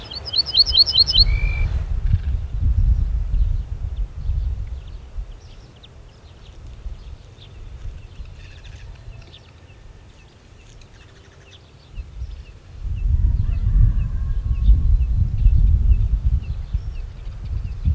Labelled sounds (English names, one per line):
Ortolan Bunting song